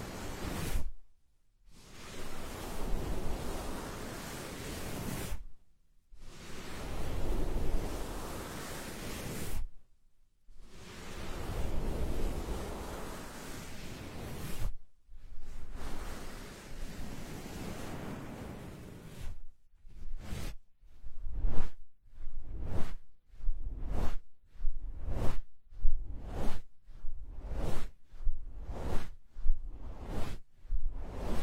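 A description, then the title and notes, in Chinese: Dry hair washing: long rustling scrubs broken by brief pauses, then from about twenty seconds, quick rhythmic rubs roughly once a second. 发廊小姐姐为你的头发做干洗。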